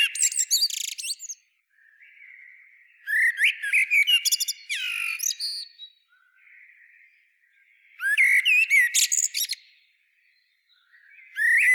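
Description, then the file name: Common blackbird song in several bursts of jumbled whistles and shrill twitters, each a few seconds long, with softer, quieter warbling between them. "Turdus merula"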